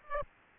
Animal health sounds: mosquito wingbeat signal from an infrared sensor; Aedes aegypti

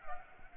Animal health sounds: mosquito wingbeat signal from an infrared sensor; Culex pipiens

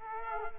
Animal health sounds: mosquito wingbeat signal from an infrared sensor; Culex quinquefasciatus

